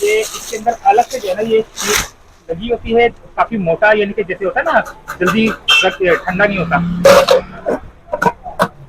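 In a wholesale shop, the lid of an insulated stainless steel casserole (hotpot) is closed and latched while someone talks, and a sharp click is heard at 8.2 seconds. The lid is locked shut and will not fall off.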